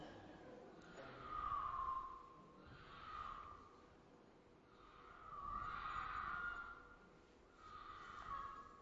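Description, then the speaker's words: Mountain lion screams: several drawn-out, harsh wailing cries separated by short pauses. Played from a video; a scream rather than a roar like an African lion's. "you hear the sound of a mountain lion, and not exactly roaring, but kind of screaming"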